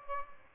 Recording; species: mosquito wingbeat signal from an infrared sensor; Aedes aegypti